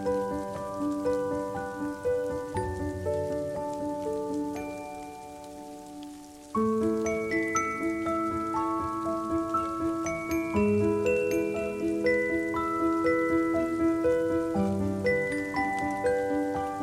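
Soft piano chords ring and sustain, changing every couple of seconds, with a quieter stretch as notes fade around four to six seconds before a fresh chord enters. A steady, dense patter like rain runs underneath throughout.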